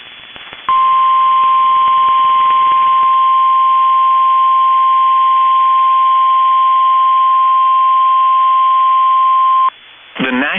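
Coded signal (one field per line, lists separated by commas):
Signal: Emergency Alert System (SAME) tones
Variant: 1050 Hz attention tone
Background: speech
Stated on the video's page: Storm, flooding and AMBER Alert tones received on NOAA Weather Radio, compiled as a mini-timeline.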